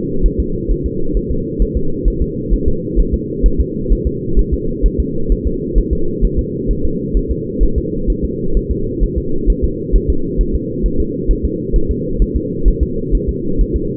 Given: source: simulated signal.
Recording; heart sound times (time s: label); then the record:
fetal heart sounds
0.26 s: S1
0.40 s: S2
0.71 s: S1
0.86 s: S2
1.17 s: S1
1.31 s: S2
1.62 s: S1
1.77 s: S2
2.08 s: S1
2.22 s: S2
2.53 s: S1
2.68 s: S2
3.00 s: S1
3.14 s: S2
3.46 s: S1
3.60 s: S2
3.92 s: S1
4.07 s: S2
4.39 s: S1
4.54 s: S2
4.86 s: S1
5.00 s: S2
5.32 s: S1
5.47 s: S2
5.78 s: S1
5.93 s: S2
6.25 s: S1
6.39 s: S2
6.71 s: S1
6.85 s: S2
7.17 s: S1
7.31 s: S2
7.63 s: S1
7.78 s: S2
8.10 s: S1
8.25 s: S2
8.57 s: S1
8.71 s: S2
9.03 s: S1
9.18 s: S2
9.50 s: S1
9.64 s: S2
9.95 s: S1
10.10 s: S2
10.41 s: S1
10.55 s: S2
10.86 s: S1
11.00 s: S2
11.31 s: S1
11.45 s: S2
11.76 s: S1
11.91 s: S2
12.22 s: S1
12.36 s: S2
12.68 s: S1
12.83 s: S2
13.15 s: S1
13.29 s: S2
13.61 s: S1
13.76 s: S2
From the record:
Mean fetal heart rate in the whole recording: 130 bpm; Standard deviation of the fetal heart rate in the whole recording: 2 bpm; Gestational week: 36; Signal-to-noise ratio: -8.1 dB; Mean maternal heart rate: 72 bpm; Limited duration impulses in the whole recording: absent